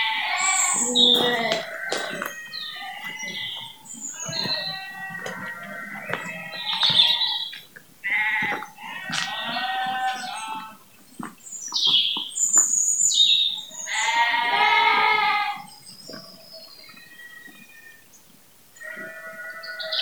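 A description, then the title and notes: Sheep bleat in a field, calling repeatedly in wavering, nasal cries, with a loud cluster near the start, another around nine to ten seconds and a long bleat near fifteen seconds. Birds chirp brightly between calls over a faint low outdoor hum. Sheep in a field, Westhumble. Bleating sheep.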